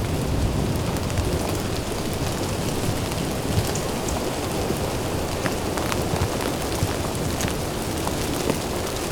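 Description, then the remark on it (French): A light, steady rain patters without pause at a rangers' cabin as a storm eases, a soft continuous hiss dotted with scattered sharper taps of individual drops. No voices, just the even wash of falling water throughout. “Un filet de pluie.”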